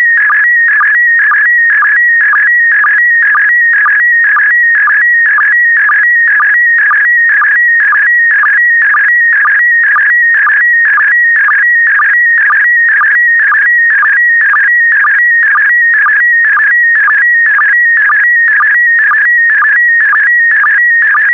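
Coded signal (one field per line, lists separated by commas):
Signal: SSTV (slow-scan television)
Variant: PD120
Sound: warbling, buzzing tone with steady rhythmic chirps about twice per second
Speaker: complete you can now check your decoded image against the picture that is shown on the video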